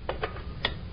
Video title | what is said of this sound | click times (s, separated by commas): Programma Oden | let's lock the two front wheels into place | 0.1 s, 0.7 s